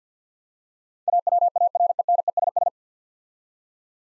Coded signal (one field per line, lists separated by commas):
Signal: Morse code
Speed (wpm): 50 wpm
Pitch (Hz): 700 Hz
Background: none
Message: AWARENESS